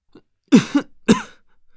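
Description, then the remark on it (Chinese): A person covering mouth and nose coughs from thick benzoin incense smoke: two harsh, breathy coughs about half a second apart, the first with a quick double catch, heard alone against silence with no talking. “捂着口鼻咳嗽了两声”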